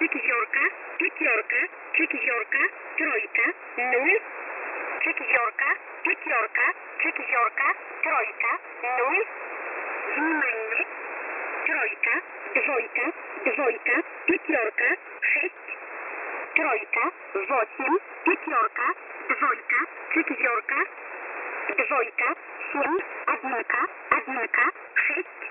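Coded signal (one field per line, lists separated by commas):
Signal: numbers station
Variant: S11a, Russian language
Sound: synthetic voice reading digit groups in Russian, preceded by 'vnimanie', over radio hiss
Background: radio static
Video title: S11a Message 20/11/2022 0830 UTC 5371kHz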